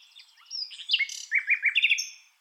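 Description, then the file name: Common nightingale song fragment: soft whistles building into a few loud, repeated chirping notes before fading. "Luscinia megarhynchos"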